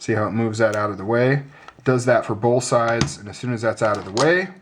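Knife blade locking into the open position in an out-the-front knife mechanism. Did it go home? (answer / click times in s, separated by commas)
no / none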